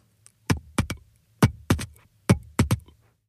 The S2 heart sound is caused by closure of the aortic and pulmonic valves. Normally, during expiration, the aortic and pulmonic valves close at the same time, but during inspiration, the closure of the pulmonic valve is audibly delayed. This phenomenon of S2 splitting only during inspiration is called a physiologic split.